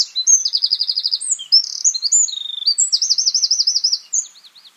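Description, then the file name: Eurasian wren song, a loud rapid outpouring of high trills and sharp notes, with fast buzzy rattles and a rolling warbled trill near the end. "Troglodytes troglodytes"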